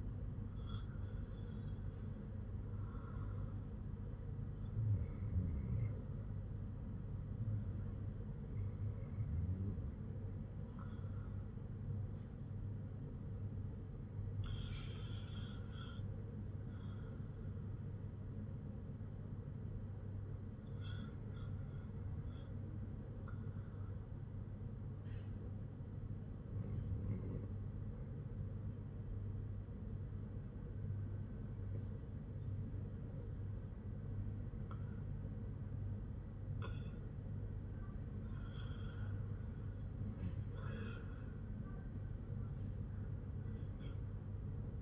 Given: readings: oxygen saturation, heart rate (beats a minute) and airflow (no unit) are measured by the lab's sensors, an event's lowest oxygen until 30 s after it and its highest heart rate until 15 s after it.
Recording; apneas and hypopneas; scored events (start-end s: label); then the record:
breathing in sleep by a smartphone at the bedside; 1
17.00-37.00 s: hypopnea (REM, oxygen 98% highest, then 96% lowest, heart rate 54 at the start, 61 highest)
From the record:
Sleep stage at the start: REM sleep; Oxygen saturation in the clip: 96 to 98%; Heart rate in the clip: 52 to 59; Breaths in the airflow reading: 9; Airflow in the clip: -5.2 to 5.5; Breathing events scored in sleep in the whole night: 182 in 7.4 hours asleep